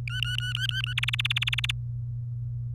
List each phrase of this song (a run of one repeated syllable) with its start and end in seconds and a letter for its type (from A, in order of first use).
0.08-0.93 A, 0.97-1.71 B